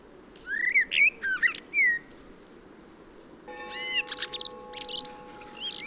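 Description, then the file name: Common blackbird song: clear fluted whistles in short phrases, a pause, then more warbling topped by high squeaky twitters, with a steady hum in the second half. "Turdus merula"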